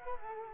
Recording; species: mosquito wingbeat signal from an infrared sensor; Culex quinquefasciatus